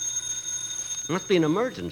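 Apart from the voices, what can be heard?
telephone ringing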